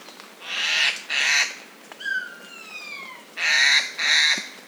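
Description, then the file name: A Eurasian jay gives paired harsh, rasping screeches, with a drawn-out, descending mewing note between the pairs. "Garrulus glandarius"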